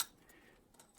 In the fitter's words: it just spring click in place voila